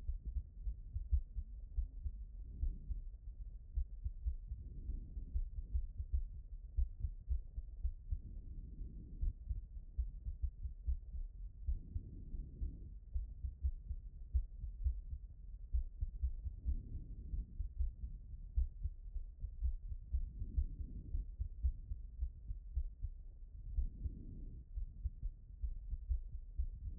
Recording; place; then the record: heart sounds by stethoscope; pulmonary valve (PV)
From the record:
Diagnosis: non-HFrEF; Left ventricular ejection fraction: 44%